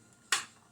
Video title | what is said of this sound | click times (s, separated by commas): video 59 1986 gi joe tomahawk part 2 restoration | there's click | 0.3 s